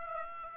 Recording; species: mosquito wingbeat signal from an infrared sensor; Aedes aegypti